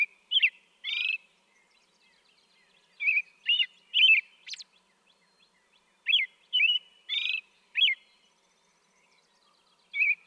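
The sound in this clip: American robin caroling in several phrases of slurred whistled notes with a few buzzy syllables and a high thin squeak, short pauses between phrases.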